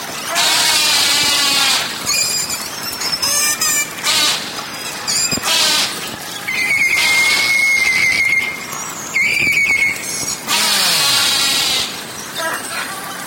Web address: valaat beluga